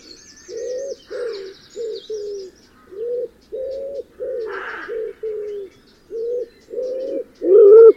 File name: wood pigeons